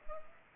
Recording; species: mosquito wingbeat signal from an infrared sensor; Culex pipiens